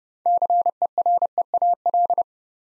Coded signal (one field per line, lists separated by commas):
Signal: Morse code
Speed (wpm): 30 wpm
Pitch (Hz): 700 Hz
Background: none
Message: CEREAL